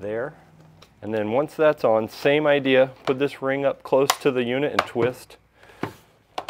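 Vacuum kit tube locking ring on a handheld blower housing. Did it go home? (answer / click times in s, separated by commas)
yes / 6.4 s, 6.5 s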